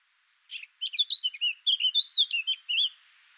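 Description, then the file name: Eurasian blackcap song, a single rapid warbling phrase of about two and a half seconds, mixing high scratchy notes with clearer fluty whistles, then quiet. "Sylvia atricapilla"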